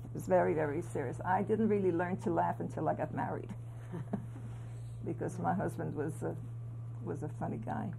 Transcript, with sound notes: It was very, very serious. I didn't really learn to laugh until I got married. [Chuckles] Because my husband was a — was a funny guy.